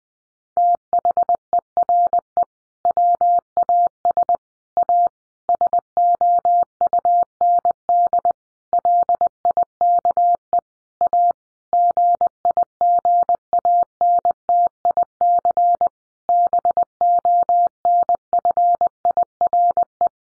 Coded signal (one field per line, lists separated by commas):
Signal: Morse code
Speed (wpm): 20 wpm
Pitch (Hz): 700 Hz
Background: none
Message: THERE WAS A SOUND LIKE A GIGANTIC BONFIRE